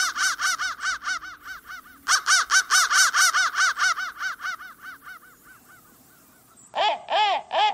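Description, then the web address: Crow calls in quick repeated series of arched, harsh caws, two fast bursts that fade out, then a short pause before three louder caws. "soundfactory crow"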